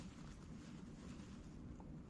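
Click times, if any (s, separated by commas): none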